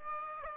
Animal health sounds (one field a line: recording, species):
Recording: mosquito wingbeat signal from an infrared sensor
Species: Aedes aegypti